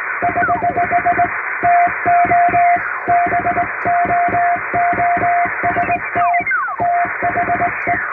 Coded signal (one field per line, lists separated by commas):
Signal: Morse code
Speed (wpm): 20 wpm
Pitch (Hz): 700 Hz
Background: music, radio noise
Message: <HH> TO BOOST THE